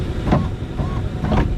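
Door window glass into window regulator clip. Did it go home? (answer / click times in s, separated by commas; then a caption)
no / none. Front door window glass on a Chevy Impala is handled as it is worked toward the window regulator clip, with the door panel reconnected and the window wound up. A steady low rumble is heard, with two brief louder swells around 0.3 s and 1.35 s. Nothing has seated or clicked yet.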